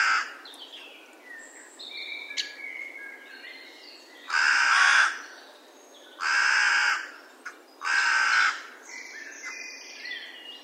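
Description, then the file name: Carrion crow cawing: three harsh, raspy caws spaced about two seconds apart in the second half, after soft twittering and chirping from small birds. "Corvus corone"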